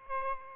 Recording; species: mosquito wingbeat signal from an infrared sensor; Aedes albopictus